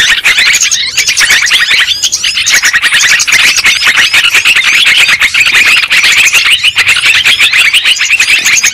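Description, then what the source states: Lovebirds chattering nonstop, with countless sharp, high-pitched chirps and twittering squeaks layered into a busy, steady flock din. Lure sound used for trapping birds.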